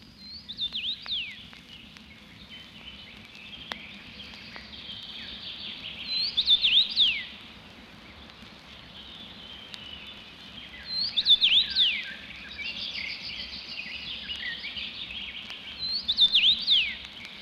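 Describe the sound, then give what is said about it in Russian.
Common rosefinch song, sung by a fiery-orange bird on a thin willow twig: a short, clear whistled phrase repeats roughly every five seconds, rising above a steady background chorus of high chirping and twittering birds. “Распевает ее на тонкой лозинке огненно-оранжевая птица, похожая на цветок.”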